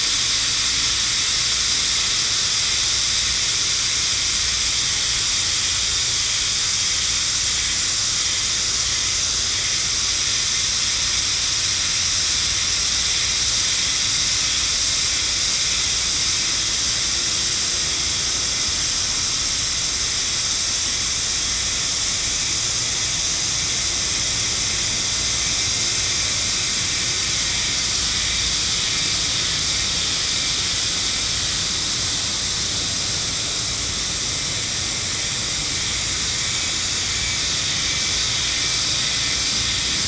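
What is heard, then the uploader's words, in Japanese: A chorus of Himeharu cicadas fills the whole forty seconds with a dense, steady, high-pitched buzzing hiss that never breaks, pulsing slightly as many insects overlap. A faint low rumble sits underneath, while the chorus stays constant throughout. 能生白山神社のヒメハルゼミ。能生白山神社の鎮守の森・・・日本海側北限のヒメハルゼミの生息地に行ってきました。一度MKH8020で録音したかったので。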